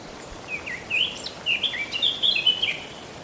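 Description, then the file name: Eurasian blackcap song, moderately soft: a brief hesitant start, then a flowing string of clear fluty whistles and slurs lasting around two seconds. "Sylvia atricapilla"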